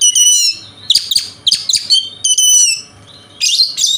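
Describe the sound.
Oriental magpie-robin: energetic bird song of harsh, scratchy bursts mixed with high whistles, delivered in choppy phrases with a short pause near the end.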